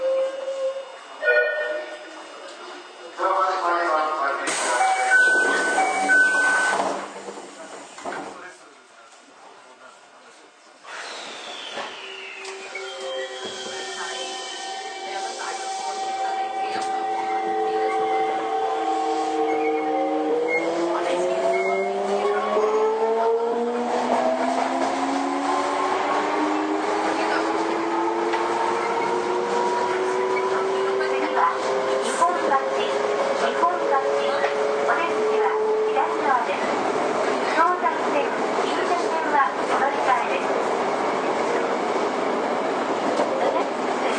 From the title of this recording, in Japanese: 都営5300形 押上ー五反田